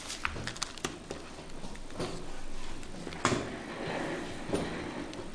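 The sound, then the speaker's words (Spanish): Scraping and shuffling with several sharp knocks, like a chair being carried over and set down with a thud, over faint background noise and without any talking. “Ahora vamos a traer una silla para...”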